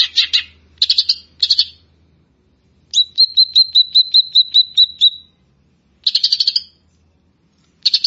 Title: Kicau Burung Cucak Jenggot